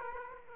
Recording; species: mosquito wingbeat signal from an infrared sensor; Aedes aegypti